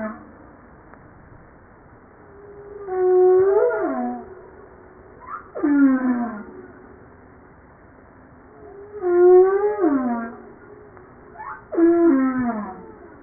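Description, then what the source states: Humpback whale song: paired units, a held moan curving down then a sharp descending sweep, the pair repeating about every six seconds with faint background hiss. Recorded 5 March 1994.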